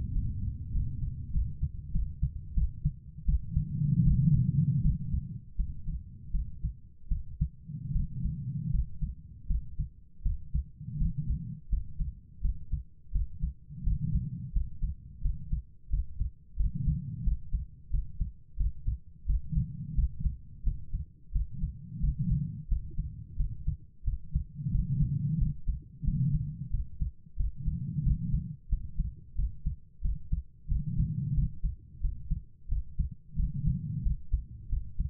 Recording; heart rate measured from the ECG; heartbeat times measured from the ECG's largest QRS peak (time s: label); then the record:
heart sounds by stethoscope; 87 bpm
0.11 s: heartbeat
0.71 s: heartbeat
1.30 s: heartbeat
1.91 s: heartbeat
2.53 s: heartbeat
3.24 s: heartbeat
4.02 s: heartbeat
4.81 s: heartbeat
5.55 s: heartbeat
6.30 s: heartbeat
7.07 s: heartbeat
7.91 s: heartbeat
8.70 s: heartbeat
9.46 s: heartbeat
10.21 s: heartbeat
10.97 s: heartbeat
11.68 s: heartbeat
12.40 s: heartbeat
13.11 s: heartbeat
13.82 s: heartbeat
14.51 s: heartbeat
15.21 s: heartbeat
15.89 s: heartbeat
16.55 s: heartbeat
17.22 s: heartbeat
17.89 s: heartbeat
18.56 s: heartbeat
19.25 s: heartbeat
19.94 s: heartbeat
20.62 s: heartbeat
21.31 s: heartbeat
21.99 s: heartbeat
22.67 s: heartbeat
23.35 s: heartbeat
24.03 s: heartbeat
24.70 s: heartbeat
25.37 s: heartbeat
26.03 s: heartbeat
26.69 s: heartbeat
27.35 s: heartbeat
28.02 s: heartbeat
28.68 s: heartbeat
29.34 s: heartbeat
30.00 s: heartbeat
30.67 s: heartbeat
31.33 s: heartbeat
32.00 s: heartbeat
32.67 s: heartbeat
33.35 s: heartbeat
34.01 s: heartbeat
34.68 s: heartbeat
From the record:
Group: healthy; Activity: rest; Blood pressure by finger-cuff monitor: 122/70 mmHg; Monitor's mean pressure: 88 mmHg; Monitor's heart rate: 88 bpm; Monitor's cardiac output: 7.4 L/min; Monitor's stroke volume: 84 mL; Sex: female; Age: 32 years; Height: 172 cm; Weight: 71.7 kg